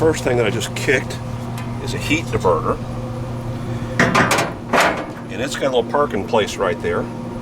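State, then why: Not seated. A steel heat diverter for a Camp Chef SmokePro Stainless DLX pellet grill is handled at its mounting spot inside the grill barrel, with someone talking throughout. Sharp metallic knocks ring out around 4.0 s and 4.2 s. The diverter has not yet seated or locked into place by the end of the clip.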